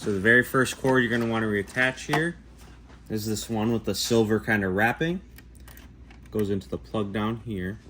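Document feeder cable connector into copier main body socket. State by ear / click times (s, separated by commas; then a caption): not seated / none. Someone talks while handling the silver-wrapped document feeder (ADF) cable connector of a Xerox AltaLink B8000 series copier, bringing it to its socket low on the copier's main body. A few faint, brief handling ticks sound between about 5.4 and 6.1 s during a pause in the talking. The connector has not seated or clicked yet.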